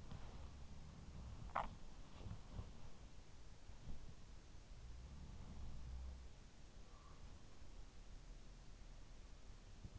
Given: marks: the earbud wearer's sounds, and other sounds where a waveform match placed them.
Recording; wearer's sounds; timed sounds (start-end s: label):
sounds in sleep by an in-ear microphone; body movement
0.00-1.48 s: sound from someone else or the room
0.00-4.17 s: body movement
4.60-6.43 s: sound from someone else or the room